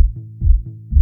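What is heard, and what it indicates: Muffled, bass-only music with dull thumping pulses about three times a second, stripped of treble and clear melody, as heard through a simulation of a left-ear hearing loss with high-frequency losses in otosclerosis. Little melody remains, mostly a bass-drum-like noise missing many frequencies.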